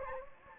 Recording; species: mosquito wingbeat signal from an infrared sensor; Anopheles gambiae